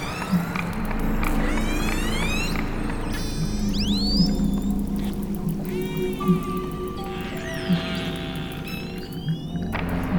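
Whale calls: many sweeping whistles that rise and fall, with squeals and a steady low hum running throughout.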